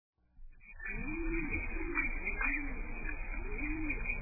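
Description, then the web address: Bird giving low, rounded coos that begin after a brief quiet start and repeat in a loose rhythm, with faint background hiss throughout. "isladesentimientos. Pajaros"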